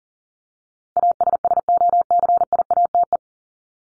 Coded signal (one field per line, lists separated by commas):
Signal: Morse code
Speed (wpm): 40 wpm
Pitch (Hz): 700 Hz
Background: none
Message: ASSOCIATE